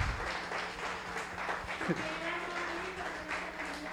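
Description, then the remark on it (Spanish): A church audience applauds to God for members' birthdays, steadily for several seconds, a dense, even wash of clapping with a few voices calling out and a brief vocal whoop partway through. “¿Cuántos dan un aplauso a Dios porque cumple?”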